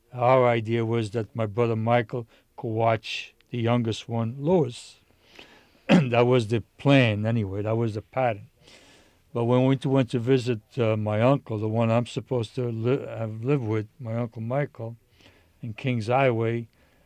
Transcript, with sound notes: Her idea was that my brother, Michael, could watch the youngest one, Louis. [clears throat] That was the plan, anyway. That was the pattern. But when we went to visit my uncle, the one I'm supposed to li — live with, my Uncle Michael, in King's Highway,